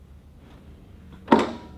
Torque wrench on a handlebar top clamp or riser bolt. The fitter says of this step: Proper torque specs. There it goes. I heard the click. Gotta wait for the click.